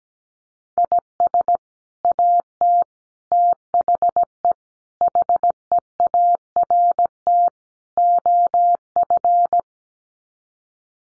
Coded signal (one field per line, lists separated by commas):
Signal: Morse code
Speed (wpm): 17 wpm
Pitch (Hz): 700 Hz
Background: none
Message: IS AT THE HEART OF